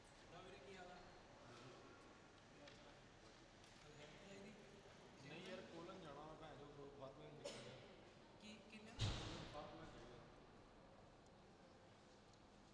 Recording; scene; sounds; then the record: everyday scene through a hearing-aid microphone; reverberant space; background noise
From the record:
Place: railway station hall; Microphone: in the ear canal, left